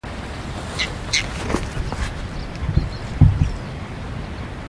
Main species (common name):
Whiskered Tern